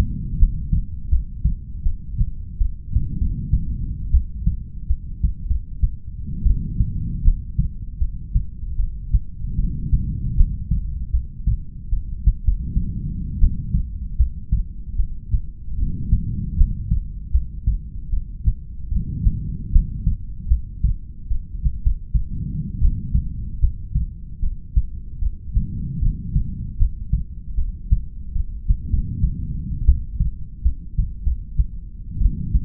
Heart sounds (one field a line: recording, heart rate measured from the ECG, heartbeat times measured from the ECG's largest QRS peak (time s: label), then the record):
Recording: heart sounds by stethoscope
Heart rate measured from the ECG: 77 bpm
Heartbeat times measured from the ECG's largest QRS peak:
0.39 s: heartbeat
1.11 s: heartbeat
1.85 s: heartbeat
2.59 s: heartbeat
3.20 s: heartbeat
4.13 s: heartbeat
4.89 s: heartbeat
5.48 s: heartbeat
6.45 s: heartbeat
7.24 s: heartbeat
8.00 s: heartbeat
8.78 s: heartbeat
9.57 s: heartbeat
10.37 s: heartbeat
11.13 s: heartbeat
11.91 s: heartbeat
12.44 s: heartbeat
13.41 s: heartbeat
14.18 s: heartbeat
14.98 s: heartbeat
15.77 s: heartbeat
16.57 s: heartbeat
17.33 s: heartbeat
18.11 s: heartbeat
18.91 s: heartbeat
19.72 s: heartbeat
20.50 s: heartbeat
21.29 s: heartbeat
21.83 s: heartbeat
22.81 s: heartbeat
23.61 s: heartbeat
24.41 s: heartbeat
25.21 s: heartbeat
26.01 s: heartbeat
26.79 s: heartbeat
27.56 s: heartbeat
28.34 s: heartbeat
28.91 s: heartbeat
29.87 s: heartbeat
30.64 s: heartbeat
31.24 s: heartbeat
32.19 s: heartbeat
From the record:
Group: heart failure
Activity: rest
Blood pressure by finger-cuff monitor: 99/57 mmHg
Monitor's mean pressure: 72 mmHg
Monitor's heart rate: 76 bpm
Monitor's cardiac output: 8.3 L/min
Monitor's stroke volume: 106 mL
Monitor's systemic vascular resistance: 630 dyn s/cm5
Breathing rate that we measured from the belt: 18 breaths a minute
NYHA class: 1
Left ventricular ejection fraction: 39%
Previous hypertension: present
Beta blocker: carvedilol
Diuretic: furosemide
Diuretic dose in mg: 20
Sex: male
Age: 60 years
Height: 178 cm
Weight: 62 kg